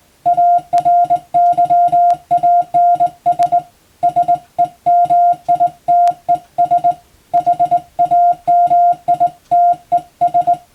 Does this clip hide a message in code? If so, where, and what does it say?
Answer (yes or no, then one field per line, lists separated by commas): yes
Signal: Morse code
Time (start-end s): 0.3-10.5 s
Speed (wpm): 21 wpm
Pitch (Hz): 700 Hz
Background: music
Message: ARYANS SEMITES HAMITES